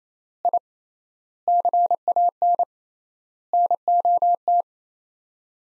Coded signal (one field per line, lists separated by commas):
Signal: Morse code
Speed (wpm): 28 wpm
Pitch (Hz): 700 Hz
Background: none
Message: I CAN NOT